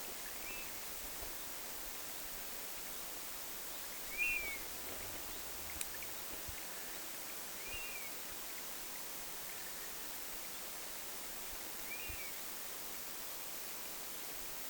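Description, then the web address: European honey buzzard whistled calls, thin arched notes that fall away at the end, repeated about five times at irregular intervals over a steady background hiss. Recorded 27 August 2026. "27 8 2026 mehilaishaukan aania"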